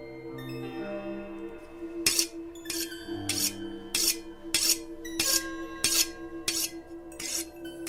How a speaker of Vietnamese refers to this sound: Qua cái ô cửa nhỏ, anh này thấy mụ ké đang lom khom ở trong bếp. Mụ ấy đang cầm dao, mụ mài xoàn xoạt lên trên tấm đá mài. Tiếng mài dao ở trong ngôi nhà của mụ nghe đến rợn cả người.